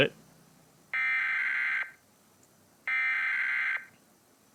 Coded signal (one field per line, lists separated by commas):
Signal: Emergency Alert System (SAME) tones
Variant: header bursts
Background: speech